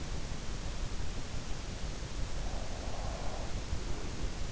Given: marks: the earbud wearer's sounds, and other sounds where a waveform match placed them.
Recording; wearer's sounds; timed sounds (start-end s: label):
sounds in sleep by an in-ear microphone; breath
1.60-3.96 s: breath